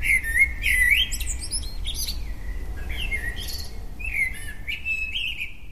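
Several birds sing at once in a forest next to a house, with bright, high chirps and warbling trills overlapping continuously against a soft low rumble of background noise, no voices present.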